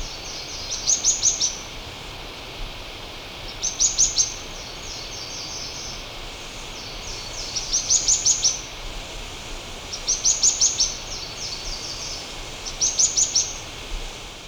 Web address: Natures Songs S America Birds of Ecuador Streaked Xenops